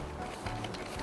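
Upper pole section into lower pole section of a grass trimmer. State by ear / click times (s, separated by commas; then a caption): not seated / none. The upper section of a plastic Bosch EasyGrassCut 26 grass trimmer pole is being pushed into the lower section and twisted to twist-lock them permanently. Handling noise is heard, with two short knocks at about 0.5 s and 0.6 s. Nothing has seated or clicked yet.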